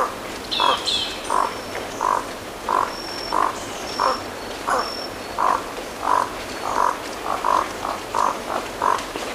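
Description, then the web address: Crimson-rumped toucanet calls: short, croaking notes repeated steadily about every two-thirds of a second, with thin high whistles in the background. Recorded in Ecuador. "Birds of Ecuador. Crimson-rumped Toucanet"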